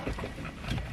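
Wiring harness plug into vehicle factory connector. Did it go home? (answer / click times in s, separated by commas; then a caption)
no / none. An older-style wiring harness plug is handled at a Nissan Titan's factory wiring connector during a car stereo upgrade. Only a steady, broadband rumbling noise is heard, with no sharp sounds. Nothing has seated or clicked yet.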